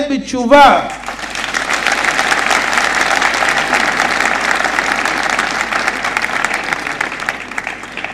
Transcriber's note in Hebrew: הקהל מוחא כפים